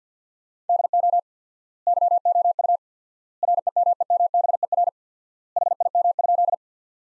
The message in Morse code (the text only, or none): DO YOU REMEMBER HIM?